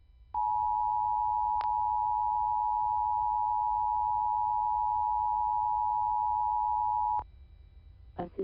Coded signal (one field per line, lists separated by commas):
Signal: Emergency Alert System (SAME) tones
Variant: 853 and 960 Hz attention tone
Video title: EAS Hazardous Materials Warning for Ithaca, MI (9/3/22)